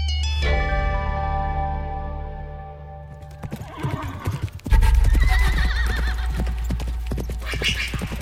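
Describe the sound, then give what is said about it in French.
A black horse lets out a long, high whinny that slides downward, then rapid galloping hoofbeats pound in a loud, steady rhythm, growing more forceful toward the end, as Lady Esther Stanhope gallops it across the desert. “Sur son cheval noir, Lady Esther Stanhope galope à travers le désert.”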